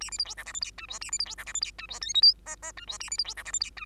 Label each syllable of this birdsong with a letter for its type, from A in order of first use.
A B C D E F G H I J A B C D E F G H I J K L M N N I J A B C D E F G H I